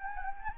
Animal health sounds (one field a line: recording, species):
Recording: mosquito wingbeat signal from an infrared sensor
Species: Anopheles gambiae